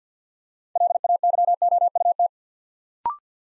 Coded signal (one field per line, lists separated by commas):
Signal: Morse code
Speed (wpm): 50 wpm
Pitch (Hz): 700 Hz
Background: none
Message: LAYOUT